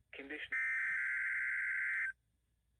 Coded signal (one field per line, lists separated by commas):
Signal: Emergency Alert System (SAME) tones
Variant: header bursts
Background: speech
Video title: EAS #19 - Required Weekly Test on KZZ33 FAILLLL!!!